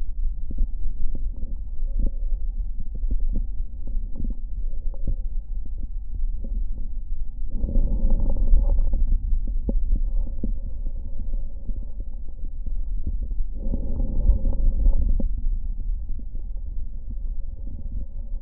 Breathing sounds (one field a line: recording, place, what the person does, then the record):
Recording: lung sounds by stethoscope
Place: right anterior apical chest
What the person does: quiet breathing, then deep breathing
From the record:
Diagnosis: interstitial lung disease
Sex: female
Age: 65 years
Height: 156 cm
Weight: 66.8 kg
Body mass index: 27.4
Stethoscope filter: diaphragm mode